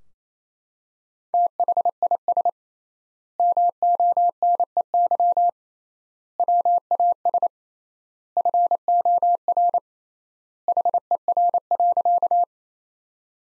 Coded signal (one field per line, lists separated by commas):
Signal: Morse code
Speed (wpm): 27 wpm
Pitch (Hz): 700 Hz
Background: none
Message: THIS MONEY WAS FOR HER.